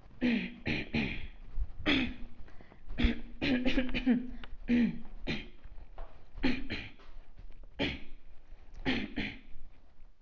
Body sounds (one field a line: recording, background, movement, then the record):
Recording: throat clearing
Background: quiet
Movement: walking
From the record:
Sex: female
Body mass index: 22.6 kg/m2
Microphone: on the chest, facing outward